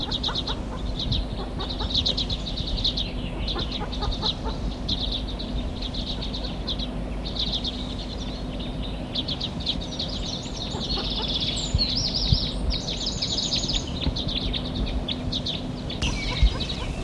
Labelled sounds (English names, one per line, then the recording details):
Common Redpoll
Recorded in the wild
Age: adult
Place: Mirnock, Kärnten, AT
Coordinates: 46.758, 13.714
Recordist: Brunner, Thomas
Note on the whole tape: Aufnahme: Ende Mai, Mirnock, Hochalm